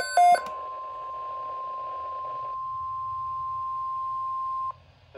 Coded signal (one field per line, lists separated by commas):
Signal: Emergency Alert System (SAME) tones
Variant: 1050 Hz attention tone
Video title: NOAA Weather Radio - EAS Doubleheader SVR & Tornado Watch #109 [EAS #281-#282] (4/1/23)